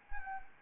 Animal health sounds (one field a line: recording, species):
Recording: mosquito wingbeat signal from an infrared sensor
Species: Anopheles arabiensis